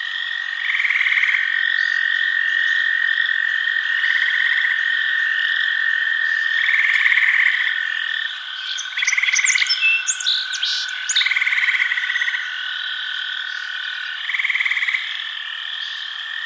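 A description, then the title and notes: Frogs call in repeated pulsing bursts over a steady high insect drone, with brief bright chirps around the middle of a dense night chorus. Nighttime in the Bayou: Relaxing Sounds of Southern Nature. The peaceful ambiance of the Southern Bayou at night. The sounds of crickets, frogs, and birds.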